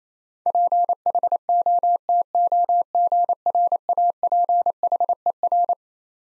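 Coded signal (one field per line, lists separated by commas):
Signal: Morse code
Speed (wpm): 28 wpm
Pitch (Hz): 700 Hz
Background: none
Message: PHOTOGRAPHER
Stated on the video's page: Morse head-copy drill of twelve-letter words at 28 wpm, each word sent, spoken, then sent again.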